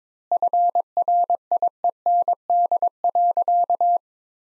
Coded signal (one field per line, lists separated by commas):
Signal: Morse code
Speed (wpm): 22 wpm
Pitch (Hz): 700 Hz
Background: none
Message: FRIEND.